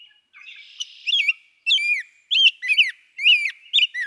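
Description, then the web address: Rose-breasted Grosbeak song: rich, sweet warbled phrases of slurred whistles, delivered in short bursts with brief pauses. "birdsongforthecurious. Rose-breasted Grosbeak"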